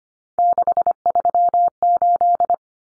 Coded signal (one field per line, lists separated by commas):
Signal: Morse code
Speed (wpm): 25 wpm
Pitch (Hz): 700 Hz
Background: none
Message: 638